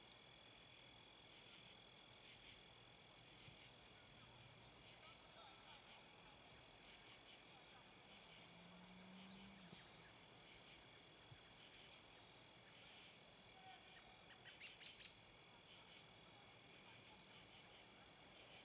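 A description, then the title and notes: Dusk in a park fills with a steady, dense chorus of crickets and insects, high shrill trills, with a brief low hum near nine seconds. Dusk at Ninigret Park, Charlestown. Recording was made at Ninigret Park, in Charlestown, Rhode Island. It was a mild, peaceful evening.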